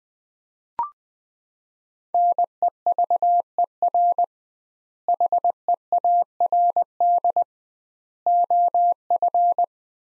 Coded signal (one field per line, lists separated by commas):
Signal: Morse code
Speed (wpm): 20 wpm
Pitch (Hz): 700 Hz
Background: none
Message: NEVER HEARD OF